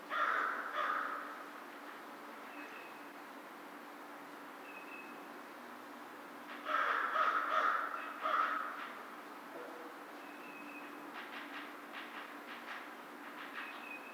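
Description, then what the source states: American crow caws in two bursts, a pair at the start and a cluster midway, with faint high thin notes and quiet between. Recorded 2010-03-02.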